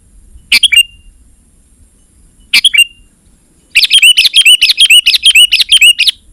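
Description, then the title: Sooty-headed bulbul song: two short bubbly chirped phrases, then a rapid run of repeated bright chirping notes, with a faint steady high hiss. "kutilang"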